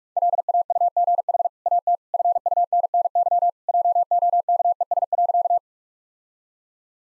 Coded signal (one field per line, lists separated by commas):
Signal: Morse code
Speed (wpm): 46 wpm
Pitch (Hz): 700 Hz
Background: none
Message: LAUGH AT FUNNY JOKES.